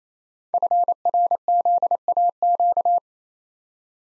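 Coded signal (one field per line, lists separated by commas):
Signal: Morse code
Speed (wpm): 28 wpm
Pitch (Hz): 700 Hz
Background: none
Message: FRZAQ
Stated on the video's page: Morse code practice drill of five-letter code groups at 28 wpm, each group sent, spoken, then sent again.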